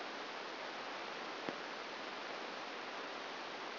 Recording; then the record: brain microelectrode recording played as sound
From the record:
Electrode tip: outside the subthalamic nucleus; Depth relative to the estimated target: 4 mm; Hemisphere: left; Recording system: AlphaMap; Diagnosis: Parkinson's disease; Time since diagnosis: 9 years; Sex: male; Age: 68 years